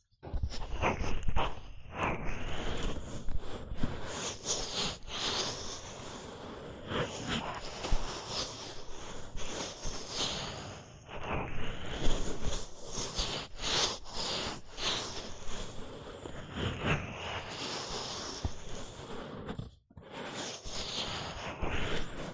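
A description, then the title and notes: Muffled rubbing and scratching inside an ear canal, a dense run of crackling, scraping contact noise with sharp clicks scattered throughout. The texture is fairly steady with brief pauses, including a near-silent gap around the twentieth second, and a low rumbling underneath. ASMR Deep Ear Canal Stimulation (No Talking).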